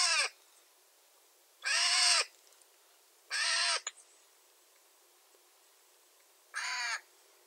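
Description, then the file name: Eurasian jay giving four loud, harsh, raspy screeches with quiet pauses between, the first cut off at the start. "Garrulus glandarius"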